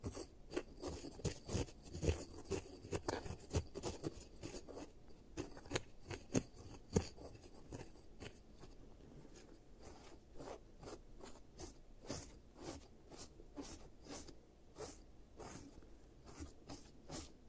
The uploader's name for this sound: ASMR Giant Teeth Treatment, Fixing Your Cavities